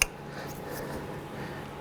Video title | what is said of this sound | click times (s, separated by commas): How to Replace EGR Valve 2006-11 Honda Civic | line that back up, slip it on until you hear it click, | 0.0 s